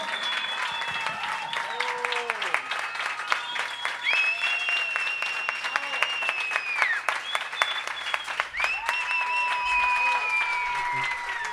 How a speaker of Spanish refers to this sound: Fuerte el aplauso.